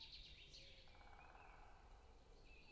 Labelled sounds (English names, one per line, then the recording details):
Great Spotted Woodpecker
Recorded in Germany
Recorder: ecoPi